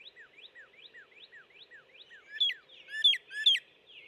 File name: Northern Cardinal